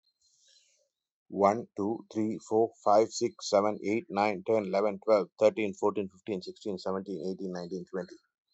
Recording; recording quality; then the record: counting at a fast pace; excellent, no background noise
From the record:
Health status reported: healthy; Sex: male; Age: 42 years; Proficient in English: yes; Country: India